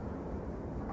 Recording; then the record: background sound without coughing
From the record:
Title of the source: Train Ride Ambience ambient white noise for sleeping, focus, studying, reading